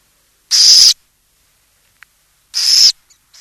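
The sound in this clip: Burrowing owl uttering two loud, hissing screech notes two seconds apart, with a tiny click between them.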